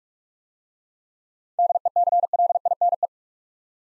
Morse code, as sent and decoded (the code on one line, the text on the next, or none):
-.. . -.-. .-.. .. -. .
DECLINE